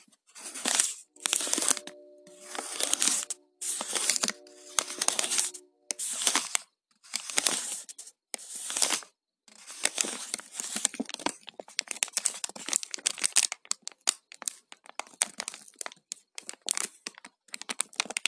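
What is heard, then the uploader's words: Paper is handled: for the first nine seconds it comes in short separate bursts of rustling, each about half a second long, and a faint steady tone hums under several of them. After that the handling turns into continuous, denser crinkling and crumpling, bright and crackly. ASMR - Paper sounds.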